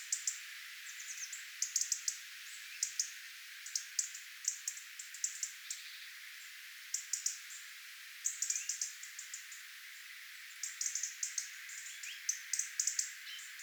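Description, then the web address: Tits in a flock uttering rapid high-pitched ticks and thin notes in frequent clusters, with short pauses between bursts. Tit flock, recorded 11 October 2024. "paivat 11 10 2024 punarintoja tiaisparvi"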